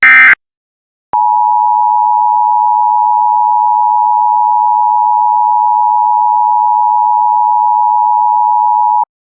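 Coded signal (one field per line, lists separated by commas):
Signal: Emergency Alert System (SAME) tones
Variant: 853 and 960 Hz attention tone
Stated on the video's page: Simulated EAS bombing scenario alert, not real.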